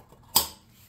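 A metal spring bracket on the front skirt panel of a vintage Chambers stove is pressed onto a model C stove leg. A single sharp metallic snap is heard at 0.4 s as the bracket snaps into place, held by tension. The bracket seats onto the leg.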